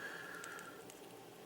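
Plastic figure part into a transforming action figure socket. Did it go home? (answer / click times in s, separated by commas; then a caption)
no / none. A small plastic part of a Titans Return Blurr action figure, the Titan Master or Hyperfire piece, is handled at its socket on the transforming figure as it is pushed toward locking in. Two faint, brief ticks come at about 0.4 and 0.9 seconds over a steady high tone that fades and a low background hum. Nothing has seated or clicked into place yet.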